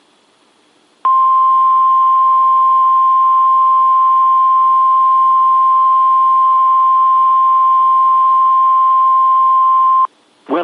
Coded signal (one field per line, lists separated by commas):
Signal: Emergency Alert System (SAME) tones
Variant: 1050 Hz attention tone